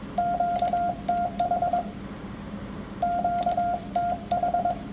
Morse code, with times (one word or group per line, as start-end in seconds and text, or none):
0.2-1.8 QTH
3.0-4.7 QTH